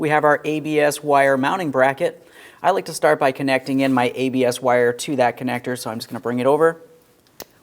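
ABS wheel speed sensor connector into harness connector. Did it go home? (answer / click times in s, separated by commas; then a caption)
yes / 7.4 s. Someone talks while bringing the ABS wheel speed sensor wire plug over to its harness connector on the ABS wire mounting bracket of a front strut during front strut and spring assembly replacement on a 2015-2025 Ford Transit 250. After the talking stops, the plug is pressed in and a sharp click is heard at 7.4 s. The connector is seated and confirmed to stay in place when tugged.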